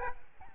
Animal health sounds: mosquito wingbeat signal from an infrared sensor; Aedes albopictus

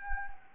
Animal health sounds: mosquito wingbeat signal from an infrared sensor; Anopheles gambiae

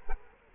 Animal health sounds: mosquito wingbeat signal from an infrared sensor; Culex quinquefasciatus

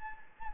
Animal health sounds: mosquito wingbeat signal from an infrared sensor; Anopheles gambiae

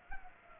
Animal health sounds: mosquito wingbeat signal from an infrared sensor; Culex pipiens

